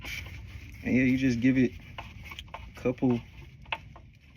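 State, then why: Seated. While a plastic engine undertray is reinstalled on a 2022 VW Jetta GLI after an oil change, someone talks as a plastic twist-lock rivet is turned a couple of turns into the undertray. Small ticks sound around 2.0 and 2.5 seconds, followed by a sharp, louder snap at 3.7 seconds as the fastener locks into place.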